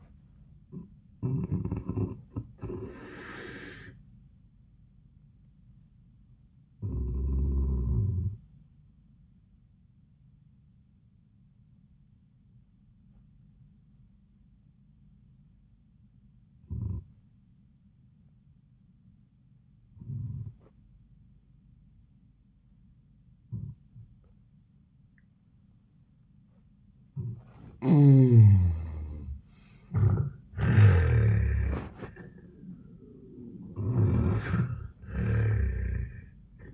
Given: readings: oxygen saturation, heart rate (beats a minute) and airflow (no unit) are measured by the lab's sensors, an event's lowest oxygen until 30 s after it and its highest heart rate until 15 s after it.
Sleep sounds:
breathing in sleep by a smartphone at the bedside; 1
1.00-36.74 s: new sleep stage, N1 (lightest sleep)
8.00-26.40 s: hypopnea (N1, oxygen 97% highest, then 83% lowest, heart rate 95 at the start, 95 highest)
From the record:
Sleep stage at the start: N2 (light sleep); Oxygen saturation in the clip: 85 to 97%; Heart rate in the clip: 84 to 96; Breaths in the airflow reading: 6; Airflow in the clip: -29.2 to 26.1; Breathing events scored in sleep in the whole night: 400 in 8.7 hours asleep

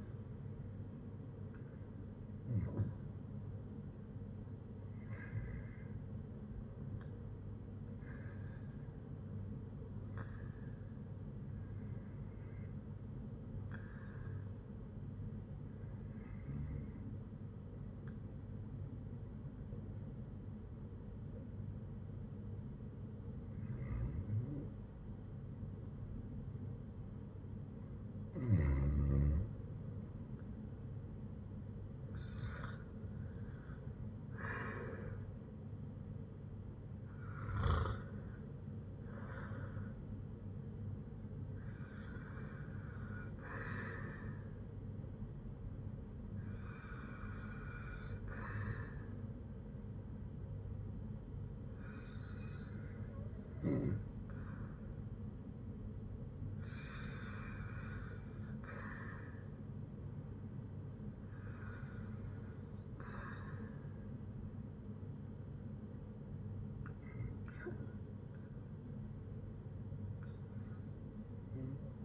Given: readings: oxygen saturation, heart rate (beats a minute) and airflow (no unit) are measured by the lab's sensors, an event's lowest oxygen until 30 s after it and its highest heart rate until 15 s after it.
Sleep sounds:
breathing in sleep by a smartphone at the bedside; 1
43.00-54.60 s: hypopnea (REM, oxygen 92% highest, then 89% lowest, heart rate 76 at the start, 76 highest)
From the record:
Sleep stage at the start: REM sleep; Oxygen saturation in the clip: 87 to 96%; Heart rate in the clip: 62 to 78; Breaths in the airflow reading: 16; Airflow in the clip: -7.8 to 6.6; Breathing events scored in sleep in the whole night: 182 in 7.4 hours asleep

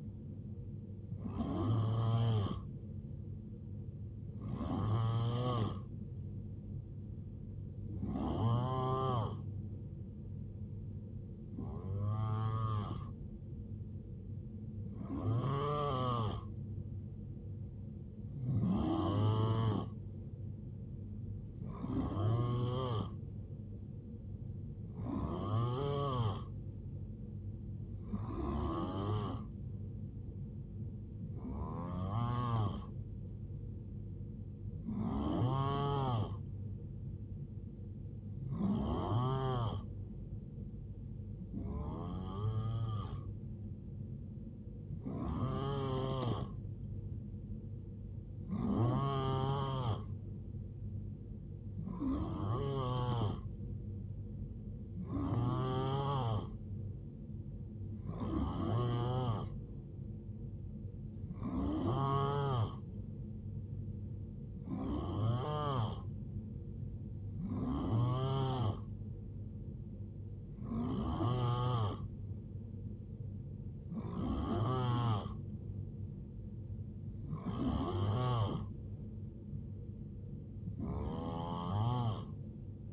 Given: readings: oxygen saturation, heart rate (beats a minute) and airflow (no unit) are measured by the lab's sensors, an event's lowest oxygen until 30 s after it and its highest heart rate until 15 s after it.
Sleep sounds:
breathing in sleep by a smartphone at the bedside; none
none scored
From the record:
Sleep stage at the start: N3 (deep sleep); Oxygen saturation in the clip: 89 to 91%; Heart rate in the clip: 65 to 79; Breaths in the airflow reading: 25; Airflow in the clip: -9.3 to 4.5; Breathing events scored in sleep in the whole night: 389 in 6.3 hours asleep

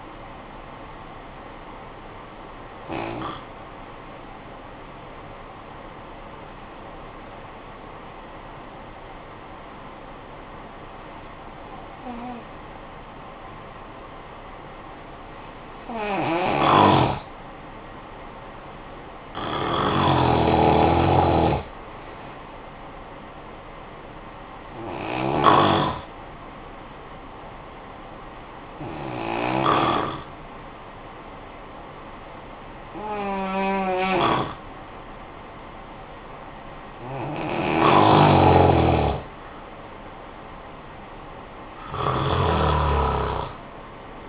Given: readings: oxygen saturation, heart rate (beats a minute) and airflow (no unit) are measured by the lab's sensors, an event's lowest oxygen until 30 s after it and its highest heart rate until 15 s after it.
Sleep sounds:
breathing in sleep by a voice recorder at the bedside; 2
3.00-19.90 s: hypopnea (N1, oxygen 95% highest, then 88% lowest, heart rate 51 at the start, 58 highest)
24.00-44.29 s: new sleep stage, N2 (light sleep)
28.00-38.50 s: hypopnea (N2, oxygen 91% highest, then 88% lowest, heart rate 57 at the start, 68 highest)
From the record:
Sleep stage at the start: N1 (lightest sleep); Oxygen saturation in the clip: 88 to 95%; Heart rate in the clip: 51 to 68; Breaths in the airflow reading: 10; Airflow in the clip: -11.2 to 7.0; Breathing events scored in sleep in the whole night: 445 in 7.6 hours asleep

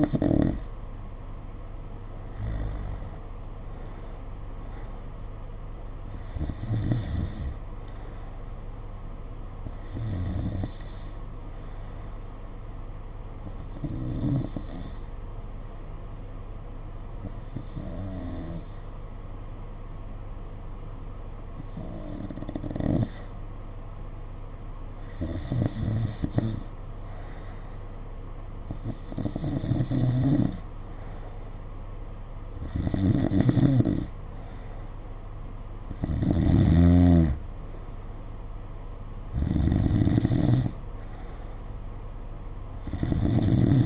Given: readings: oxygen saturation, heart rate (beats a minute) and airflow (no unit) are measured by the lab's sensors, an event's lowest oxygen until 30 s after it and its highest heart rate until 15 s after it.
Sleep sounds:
breathing in sleep by a smartphone at the bedside; none
none scored
From the record:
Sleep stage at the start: N2 (light sleep); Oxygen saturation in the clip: 90 to 92%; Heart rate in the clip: 52 to 59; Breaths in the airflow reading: 12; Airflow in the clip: -6.2 to 5.0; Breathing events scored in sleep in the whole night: 476 in 9.7 hours asleep

